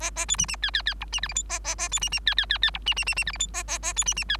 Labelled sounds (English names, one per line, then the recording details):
Bengalese Finch song
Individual Bird3